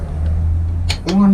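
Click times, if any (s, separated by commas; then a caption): 0.9 s. A click-type torque wrench tightens the next bolt in a crisscross pattern on a GBRacing engine protector being installed on a 2023 CB1000R. Over a low steady hum, the wrench gives a sharp click at 0.9 s as it reaches 10 Nm, confirming the bolt is torqued. Someone then starts talking.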